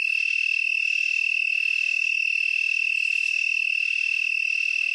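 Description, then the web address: Broad-winged tree cricket giving a steady, unbroken high trill at a constant pitch with rapid even pulsing throughout, and no other sounds. "Natures Songs N America Songs of Insects -Broad-winged Tree Cricket"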